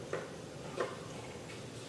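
A plastic action-camera clip is pushed into a helmet mount base again after a failed try, giving two short clicks at 0.1 s and 0.8 s as it snaps in. The clip is now seated and fixed, and tightening the thumb screw will lock it.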